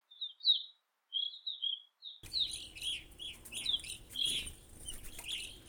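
Evening Grosbeak calls: clear whistled notes given singly, then a burst of whistled calls over a noisy background.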